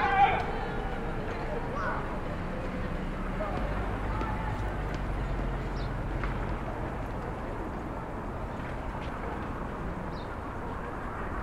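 Steady city rumble from a rooftop above Starr Street and Irving Avenue in Brooklyn, a dense low hum of traffic running through the whole stretch. A voice or a brief bright call rises at the very start, and faint short chirps or squeaks surface now and then.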